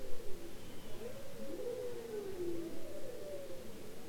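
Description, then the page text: Bowhead whale call, a single low tone gliding slowly downward amid fainter overlapping moans and low underwater noise. Bowhead whales described as copycats, imitating sounds heard in their environment. "Bowhead whales ( Balaena mysticetus ) are copycats, imitating sounds heard in their environment. Polar Research"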